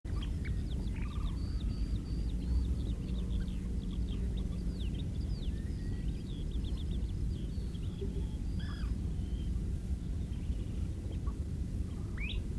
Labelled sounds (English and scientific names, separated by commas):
Kentish Plover (Charadrius alexandrinus) call